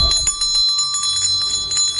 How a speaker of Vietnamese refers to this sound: Chuông kinh hồn rung lên dữ dội, sắc vàng chế mắt phát ra theo những rung động kịch liệt của tiếng chuông cổ cũ kỹ.